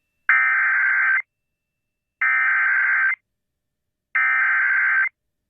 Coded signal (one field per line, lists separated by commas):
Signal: Emergency Alert System (SAME) tones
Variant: header bursts